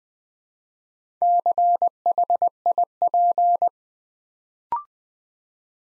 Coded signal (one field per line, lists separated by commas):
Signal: Morse code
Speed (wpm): 20 wpm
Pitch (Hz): 700 Hz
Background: none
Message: CHIP